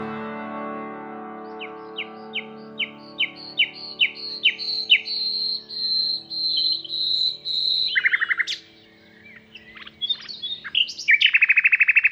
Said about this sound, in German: Die Vögel singen wie zuvor. Ach, gedankenlose Vögel. So viele gebrochene Herzen müssen die Vögel singen hören.